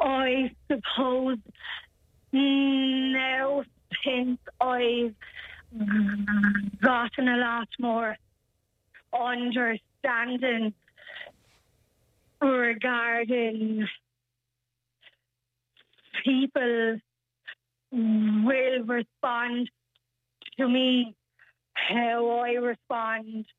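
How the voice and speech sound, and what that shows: A young woman from Carrick-on-Shannon with a stammer, diagnosed with cerebral palsy as a child and now in a programme for people who stammer, speaks in short phrases broken by long silent gaps of one to two seconds. Opening sounds such as "I", "s" and "th" are stretched, and speech is slowed and held between words.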